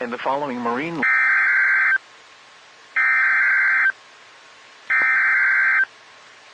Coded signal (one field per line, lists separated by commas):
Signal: Emergency Alert System (SAME) tones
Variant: header bursts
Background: speech